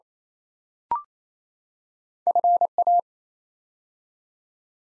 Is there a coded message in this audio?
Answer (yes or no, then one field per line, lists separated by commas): yes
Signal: Morse code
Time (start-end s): 2.3-3.0 s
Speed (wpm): 27 wpm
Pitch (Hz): 700 Hz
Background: none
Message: FA